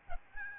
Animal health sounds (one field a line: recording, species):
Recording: mosquito wingbeat signal from an infrared sensor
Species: Aedes albopictus